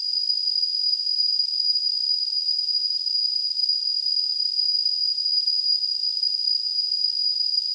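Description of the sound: A steady, unbroken high-pitched ringing tone sits over a bed of soft, airy hiss for nearly eight seconds, with no low sounds at all. It is a simulated tinnitus sound: the kind of constant ringing and hissing a person with tinnitus hears.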